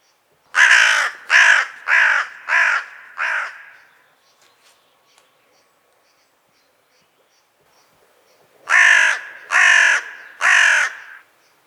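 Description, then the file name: Carrion crow cawing in a quick series of five raspy calls, then a long pause of near silence, followed by three more harsh caws. "Corvus corone"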